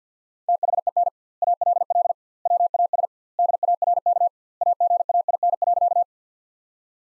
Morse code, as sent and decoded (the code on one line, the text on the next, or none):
- .... . -. / .- .-.. .-.. / .-- .- ... / -.. .- .-. -.- / .- --. .- .. -. .-.-.-
THEN ALL WAS DARK AGAIN.